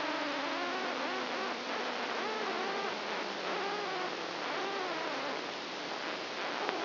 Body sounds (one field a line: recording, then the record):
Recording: brain microelectrode recording played as sound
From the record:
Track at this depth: inside the subthalamic nucleus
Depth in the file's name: 3.004 mm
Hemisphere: right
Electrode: 2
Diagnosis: Parkinson's disease